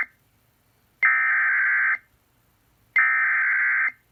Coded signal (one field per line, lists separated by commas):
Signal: Emergency Alert System (SAME) tones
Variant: header bursts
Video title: TX SVR (5/16/21) EAS 242